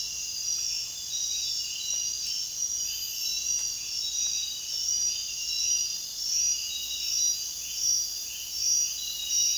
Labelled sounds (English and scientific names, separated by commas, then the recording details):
none
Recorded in dense forest near Puerto Asís, Putumayo, Colombia, on 22 June 2025 at 01:00
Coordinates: 0.466, -76.327
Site GP04